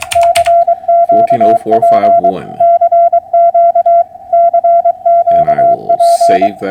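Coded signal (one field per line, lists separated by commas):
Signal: Morse code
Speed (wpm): 22 wpm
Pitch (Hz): 680 Hz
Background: speech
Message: CQP CQ CQP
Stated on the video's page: POTA hunting contact converted to CW, on an FT991a with a 55 ft end-fed wire antenna sloping down from 25 feet.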